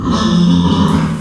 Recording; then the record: squeal of a Yucatan mini pig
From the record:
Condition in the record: after surgery on the right vocal fold (resection and tissue-engineered implant); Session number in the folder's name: 14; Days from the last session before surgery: 133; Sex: female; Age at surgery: 19 weeks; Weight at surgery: 25 kg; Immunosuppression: prednisolone